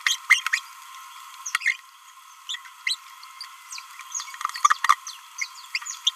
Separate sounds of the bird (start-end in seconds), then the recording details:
0.06-0.18, 0.30-0.41, 0.53-0.61, 1.60-1.78, 2.48-2.56, 2.86-2.96, 3.41-3.45, 4.89-4.96, 5.75-5.78, 6.07-6.10. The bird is a male. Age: 29 days. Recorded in a nest box in Venezuela. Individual 17B31A1